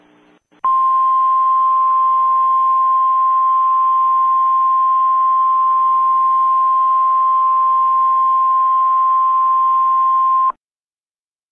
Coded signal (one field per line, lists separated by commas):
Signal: Emergency Alert System (SAME) tones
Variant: 1050 Hz attention tone